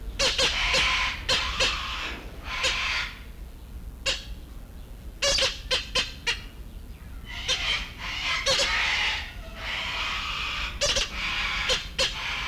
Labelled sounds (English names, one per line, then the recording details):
Visayan Hornbill call
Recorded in captivity
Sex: female
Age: adult
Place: Zoo Berlin, Berlin, DE
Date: 1994-08-06 11:14
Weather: wolkig bis heiter, 20-27°C
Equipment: Marantz CP 430, Sennheiser ME 80, Kopie Uher Variocord 263
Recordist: Tembrock, Günter